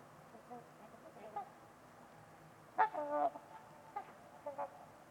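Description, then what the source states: Trumpeter swans giving one loud burst of honks midway, with a few fainter honks before and after over steady hiss. Trumpeter swans at Winters Lake on a winter evening, in a quiet, deep valley, with distant white noise; recorded by Nick McMahan.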